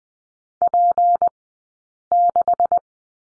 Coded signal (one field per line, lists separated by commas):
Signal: Morse code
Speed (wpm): 20 wpm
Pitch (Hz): 700 Hz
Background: none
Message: P6